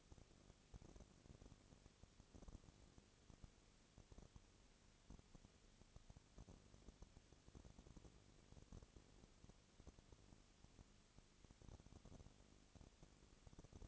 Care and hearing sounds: daily activity, microphone in the room; no activity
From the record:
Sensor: 4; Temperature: 22.3 degrees Celsius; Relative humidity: 32.8%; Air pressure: 1002.0 hPa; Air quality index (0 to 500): 185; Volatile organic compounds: 4 ppm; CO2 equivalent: 1636 ppm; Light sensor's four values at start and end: 2/3/1/1 and 2/3/1/1

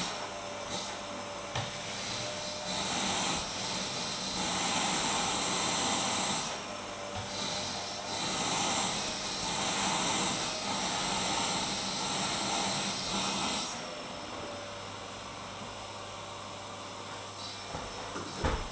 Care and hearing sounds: daily activity, microphone in the room; vacuum cleaning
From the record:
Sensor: 3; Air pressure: 988.7 hPa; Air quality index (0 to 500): 201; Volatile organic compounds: 372 ppm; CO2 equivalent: 4624 ppm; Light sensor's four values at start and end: 22/70/29/25 and 22/70/29/25

